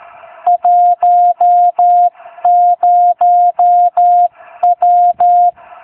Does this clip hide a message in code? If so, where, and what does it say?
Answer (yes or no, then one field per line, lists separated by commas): yes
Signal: Morse code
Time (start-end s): 0.5-5.5 s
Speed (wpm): 13 wpm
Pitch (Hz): 710 Hz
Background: music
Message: 10W